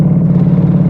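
An airplane engine, just switched on at an altitude of about 1000 metres, drones steadily, a loud, continuous low-pitched hum with a slight rough pulsing texture and no voices over it.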